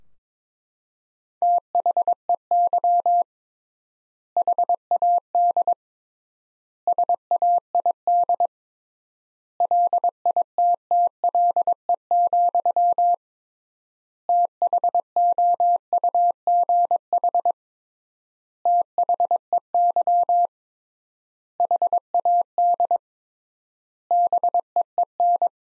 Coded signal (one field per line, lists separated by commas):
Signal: Morse code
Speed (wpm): 22 wpm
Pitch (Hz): 700 Hz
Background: none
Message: THEY HAD SAID LITTLE, THOUGH THEY HAD BEEN